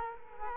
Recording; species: mosquito wingbeat signal from an infrared sensor; Culex quinquefasciatus